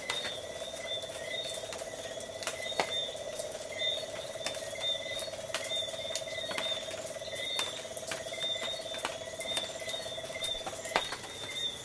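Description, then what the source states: Tree frog chorus of long rapid pulsed trills, briefly pausing midway then resuming, accompanied by repeated clicks and steady high insect tones. Coastal night soundscape of tree frogs together with insects.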